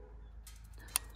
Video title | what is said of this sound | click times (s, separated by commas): UNBOXING - REVIEW - VLOG TEST *Canon EOS M50* (2020) | click did you hear that i think it clicked into place | 1.0 s